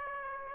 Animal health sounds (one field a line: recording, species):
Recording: mosquito wingbeat signal from an infrared sensor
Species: Aedes aegypti